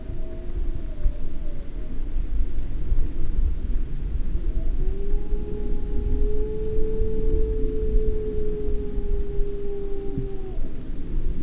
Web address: Le-loup Florac-28-29-juin cris divers loup loup vercors 2004 adultes